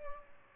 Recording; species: mosquito wingbeat signal from an infrared sensor; Aedes albopictus